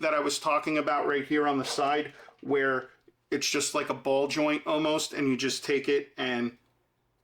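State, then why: Not seated. A man talks while handling an accessory with a ball-joint-like peg, about to push it into the socket on the side of a Mafex Daredevil Comic Version action figure's leg. Only speech is heard, with short pauses and no distinct click, and the clip ends before the peg snaps in, so nothing has seated yet.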